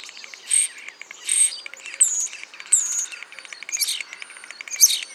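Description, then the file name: Common starling song, a string of harsh wheezy bursts and high squeaky notes repeated at short intervals. "Spreeuw"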